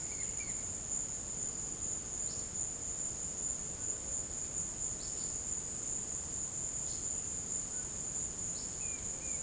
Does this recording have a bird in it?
yes